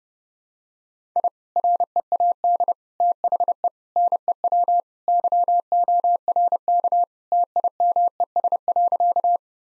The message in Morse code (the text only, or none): I READ THE NEW YORK TIMES.